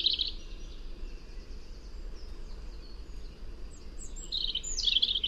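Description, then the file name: European robin with a brief, high, jumbled twitter at the start and another sparkling burst of notes near the end, with steady low noise between. "Erithacus rubecula"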